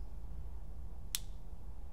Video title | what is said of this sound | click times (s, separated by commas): Field One/Bob Long G6R Paintball Gun - Maintenance/Repair | like that so that bearing just got popped up into that little spot and is now being held solid alright | 1.1 s